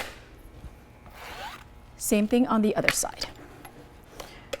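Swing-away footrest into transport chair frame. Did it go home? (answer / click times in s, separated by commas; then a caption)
yes / 4.5 s. A swing-away footrest for a 330 transport chair, the second (right) one, is hung on two frame pins and swung inward until it locks in place on the chair frame. Someone talks from about 2.0 to 3.0 s over quieter handling and rubbing noises, followed by a few small knocks. A sharp click at 4.5 s marks the footrest locking onto the frame.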